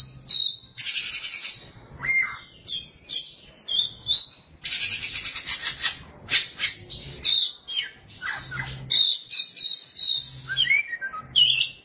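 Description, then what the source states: Oriental magpie-robin singing long sequences of high whistles, descending slurred notes and harsh scratchy bursts, nearly continuous throughout. Kacer song.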